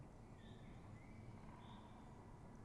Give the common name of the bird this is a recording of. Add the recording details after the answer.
Great Spotted Woodpecker. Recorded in Germany. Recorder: ecoPi